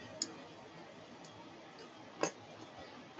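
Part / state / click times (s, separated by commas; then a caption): threaded retaining cap on a door lock cylinder / released / 0.2 s, 2.2 s. A threaded retaining cap on a rekeyed Kwikset door lock cylinder, tightened all the way, is backed off by two detent positions so the key can be released. Two short, sharp clicks sound at 0.2 s and 2.2 s over a steady low hiss. The cap is set two clicks back, releasing the key.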